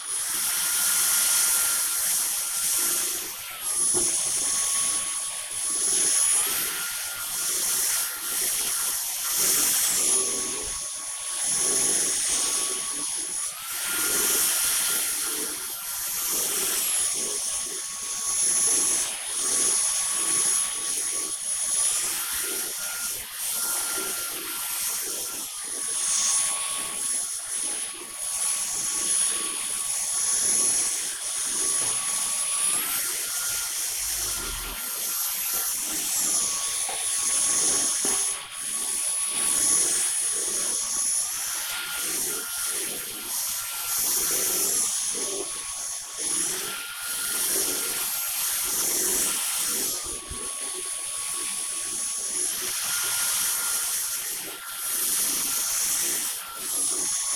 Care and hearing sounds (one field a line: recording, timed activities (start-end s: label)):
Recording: household activities, microphone on the right wrist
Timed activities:
0.00-57.36 s: vacuum cleaning